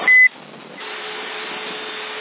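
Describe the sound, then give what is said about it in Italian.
A short, loud, steady high whistle tone from a CB radio during a radio test in Sassari, December 2011, cuts off abruptly, leaving a bed of crackling radio static with a faint constant hum underneath. “Avanti il fischio.”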